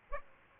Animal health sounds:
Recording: mosquito wingbeat signal from an infrared sensor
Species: Aedes aegypti

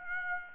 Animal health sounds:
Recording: mosquito wingbeat signal from an infrared sensor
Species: Aedes aegypti

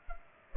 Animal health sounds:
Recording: mosquito wingbeat signal from an infrared sensor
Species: Culex pipiens

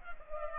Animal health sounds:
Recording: mosquito wingbeat signal from an infrared sensor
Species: Culex pipiens

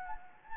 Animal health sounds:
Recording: mosquito wingbeat signal from an infrared sensor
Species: Anopheles gambiae

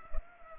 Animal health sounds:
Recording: mosquito wingbeat signal from an infrared sensor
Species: Culex pipiens

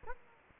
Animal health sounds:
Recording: mosquito wingbeat signal from an infrared sensor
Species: Aedes aegypti

